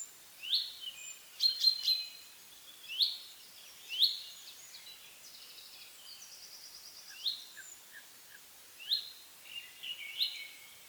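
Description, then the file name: Common chaffinch giving short, sharp calls at irregular intervals, with other high chirps and a brief trill. "Fringilla coelebs"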